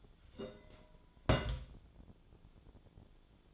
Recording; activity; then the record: daily activity, microphone in the room; place on stove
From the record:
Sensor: 5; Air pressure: 1010.0 hPa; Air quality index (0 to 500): 154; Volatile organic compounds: 3 ppm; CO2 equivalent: 1496 ppm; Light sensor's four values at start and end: 245/594/252/277 and 244/587/251/278